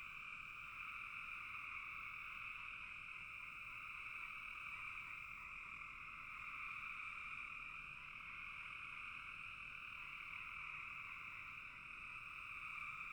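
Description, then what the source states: Frogs calling in a dense, steady chorus, a continuous trilling hum in two bands, one mid-pitched and one higher, holding even throughout with no gaps. Frogs in a bog.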